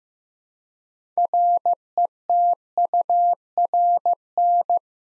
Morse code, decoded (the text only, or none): RETURN